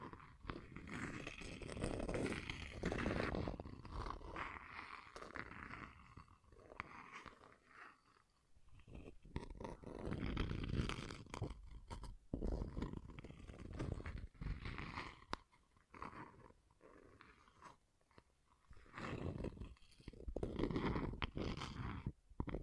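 Rough scratching comes in irregular bursts lasting a second or two, separated by short quiet gaps. The strokes are gritty and full, with a heavy low rumble under the raspy top. The scraping turns choppier and more broken up after about fifteen seconds.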